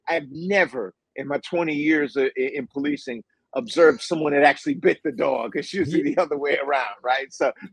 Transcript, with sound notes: But I've never, in my 20 years, uh, in, in policing observed someone that actually bit the dog. (laughs) It's usually the other way around, right?